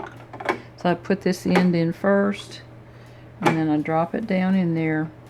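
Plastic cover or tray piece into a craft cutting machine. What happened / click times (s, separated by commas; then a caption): Handled, not yet home: plastic cover part positioned but no seating click / none. After cleaning, a plastic cover or tray piece is fitted into a craft cutting machine: one end goes in first, and the other end is about to be dropped down into place. Someone talks throughout, and a few brief handling taps sound around 0.3 to 0.5 seconds. The part has not clicked or seated yet.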